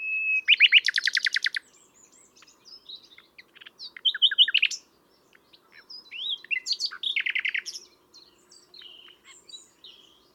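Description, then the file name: Common nightingale song opening with a loud fast series of repeated notes, then varied chirps, and another rapid rattling burst near seven seconds. "Luscinia megarhynchos"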